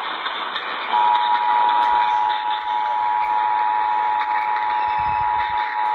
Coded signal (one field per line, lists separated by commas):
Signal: Emergency Alert System (SAME) tones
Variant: 853 and 960 Hz attention tone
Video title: More DXing... EAS Alerts from 4/8/20 (EAS 2379-2394)